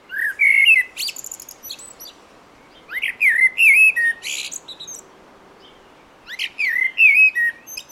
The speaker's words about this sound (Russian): Если вы забыли, как поет черный дрозд, вот можете послушать и сравнить. Вот черный дрозд.